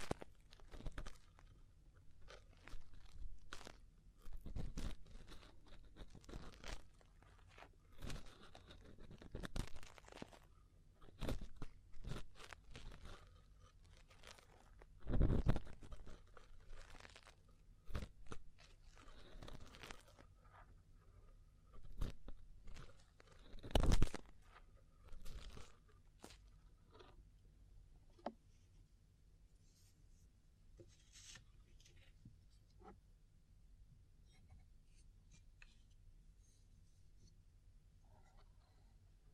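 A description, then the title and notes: Ear cleaning, with dense scratchy crunches and scraping strokes packed into the first half, including two sharp louder pops near 15 and 24 seconds. After about 27 seconds the scraping thins to sparse, quieter rustles. ASMR Chinese Ear Cleaning for Stress Relief (No Talking).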